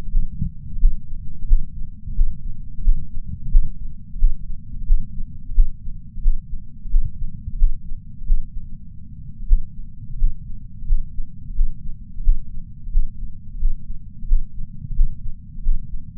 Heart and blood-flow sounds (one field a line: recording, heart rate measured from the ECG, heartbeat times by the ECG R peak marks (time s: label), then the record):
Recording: heart sounds by patch sensor on the chest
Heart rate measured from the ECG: 85 bpm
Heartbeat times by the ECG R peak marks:
0.11 s: heartbeat
0.79 s: heartbeat
1.47 s: heartbeat
2.15 s: heartbeat
2.83 s: heartbeat
3.51 s: heartbeat
4.18 s: heartbeat
4.87 s: heartbeat
5.54 s: heartbeat
6.22 s: heartbeat
6.90 s: heartbeat
7.58 s: heartbeat
8.26 s: heartbeat
9.47 s: heartbeat
10.18 s: heartbeat
10.87 s: heartbeat
11.55 s: heartbeat
12.23 s: heartbeat
12.91 s: heartbeat
13.59 s: heartbeat
14.28 s: heartbeat
14.95 s: heartbeat
15.63 s: heartbeat
From the record:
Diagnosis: coronary artery disease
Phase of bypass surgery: postoperative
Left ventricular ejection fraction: 69.2%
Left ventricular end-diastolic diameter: 44 mm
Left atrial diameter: 37 mm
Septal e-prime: 6.9 cm/s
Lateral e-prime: 8.2 cm/s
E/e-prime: 11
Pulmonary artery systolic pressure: 21 mmHg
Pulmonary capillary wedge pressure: 12 mmHg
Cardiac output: 4.9 L/min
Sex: male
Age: 63 years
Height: 170 cm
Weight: 85 kg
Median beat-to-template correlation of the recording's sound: 0.93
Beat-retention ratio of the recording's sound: 0.99